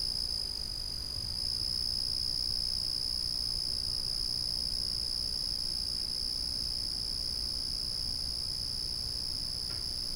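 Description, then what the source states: Cricket singing a constant shrill trill with a low rumble underneath. A single cricket calling steadily at night.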